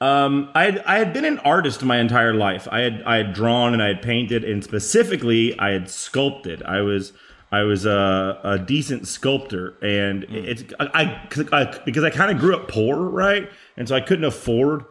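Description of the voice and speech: Adult male speech with frequent whole-word repetitions ("I, I, I") and drawn-out pauses, consistent with stuttering.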